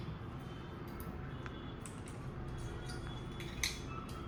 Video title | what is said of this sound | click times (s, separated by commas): Exner Retractable Probe Housing | ये मैंने बाहर ले लिया है। अभी आपकी यूनिट लॉक हो गई। | 3.6 s